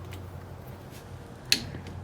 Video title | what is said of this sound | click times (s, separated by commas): Her 1st Dana 30 Fluid Change: Jeep XJ Dana 30 | yep right there feel that click that tells you that it has now tightened to 30 foot pounds | 1.5 s